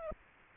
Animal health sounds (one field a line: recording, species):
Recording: mosquito wingbeat signal from an infrared sensor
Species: Aedes aegypti